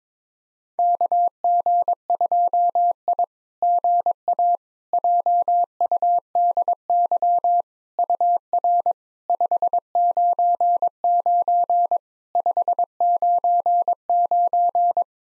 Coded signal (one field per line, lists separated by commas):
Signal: Morse code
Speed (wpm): 22 wpm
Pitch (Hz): 700 Hz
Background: none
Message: KG2I GA JUDY UR 599 599